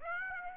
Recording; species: mosquito wingbeat signal from an infrared sensor; Aedes aegypti